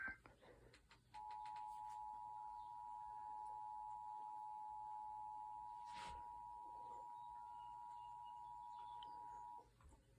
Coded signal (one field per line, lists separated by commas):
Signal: Emergency Alert System (SAME) tones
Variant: 853 and 960 Hz attention tone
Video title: EAS 4: FLOOD WARNING (EAS PENNSYLVANIA)